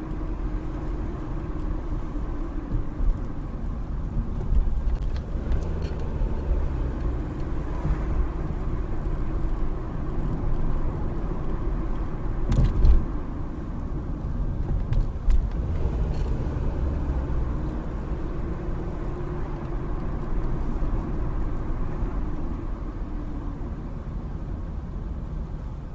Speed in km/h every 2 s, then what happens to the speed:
35, 29, 26, 35, 39, 39, 32, 26, 32, 39, 37, 29, 18.
0-4 slows to 26. 4-10 speeds up to 39. 10-13 brakes to 26. 15-19 speeds up to 39. 19-26 brakes to 18.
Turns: none.